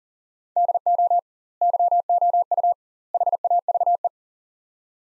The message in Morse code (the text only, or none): DO YOU HAVE